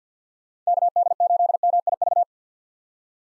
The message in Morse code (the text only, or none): KD8MIV